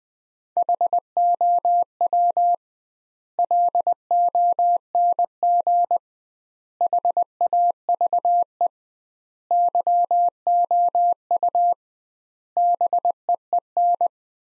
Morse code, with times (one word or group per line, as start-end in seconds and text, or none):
0.6-2.5 HOW
3.4-6.0 LONG
6.8-8.7 HAVE
9.5-11.7 YOU
12.6-14.1 BEEN